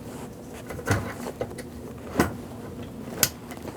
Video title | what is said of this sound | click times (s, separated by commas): How to Replace Fuel Tank Sending Unit 2008-2014 Mercedes-Benz C300 3.0L V6 | You'll hear that click. Double-check cuz you don't want to have to keep going back in here. | 3.2 s